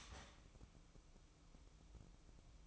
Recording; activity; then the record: daily activity, microphone in the room; start toaster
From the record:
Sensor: 1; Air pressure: 1007.3 hPa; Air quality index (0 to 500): 79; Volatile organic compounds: 1 ppm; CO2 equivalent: 680 ppm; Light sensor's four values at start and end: 7/17/7/7 and 7/17/7/7